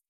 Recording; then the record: hydrophone in a shrimp aquaculture tank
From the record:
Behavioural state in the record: feeding